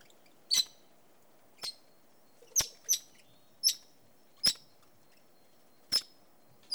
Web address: The BBC Sound Effects Library. Red-Rumped Parakeet